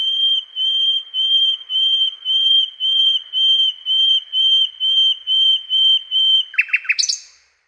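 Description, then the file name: Common nightingale song: a long series of pure, steady whistled notes repeated about twice a second, closing with a quick burst of sharp chirps. "SLOWIKRDZAWY"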